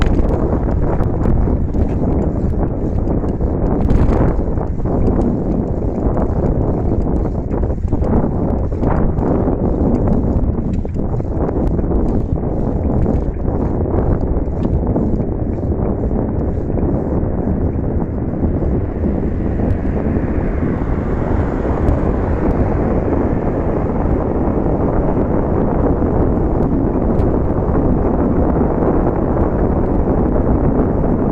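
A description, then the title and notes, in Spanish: A night bicycle ride: a steady, dense rush of wind and rolling noise fills the whole clip, heavy in the low end. Frequent short clicks and rattles tick through the first twenty seconds, then a brighter whirring swell rises around twenty seconds before settling. Bicicleta nocturna CU.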